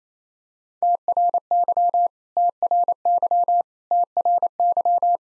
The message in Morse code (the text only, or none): TRY TRY TRY